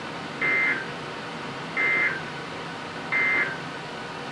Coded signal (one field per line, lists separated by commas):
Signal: Emergency Alert System (SAME) tones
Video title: EAS #1502-#1504: On the Edge | WZ2500 & WXL60